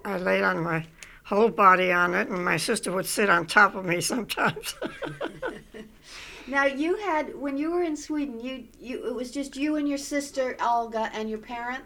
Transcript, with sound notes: I laid my whole body on it and my sister would sit on top of me sometimes. (She laughs.)
When you were in Sweden, it was just you and your sister Olga and your parents?